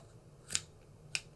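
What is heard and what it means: A bore-size insert is slid into the back of a Field One Acculock paintball barrel and turned to the side to lock it into place. Two sharp, bright clicks are heard at about 0.6 s and 1.2 s over a quiet background. The insert seats and locks into place.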